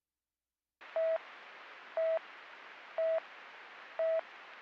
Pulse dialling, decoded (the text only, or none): none